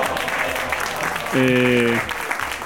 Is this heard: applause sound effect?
yes